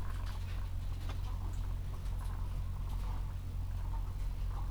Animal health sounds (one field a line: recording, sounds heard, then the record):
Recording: poultry house recording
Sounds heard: sick chickens (respiratory disease)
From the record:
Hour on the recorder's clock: 13